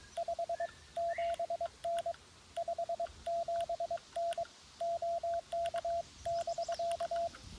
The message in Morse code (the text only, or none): 57N 57N OK<BK>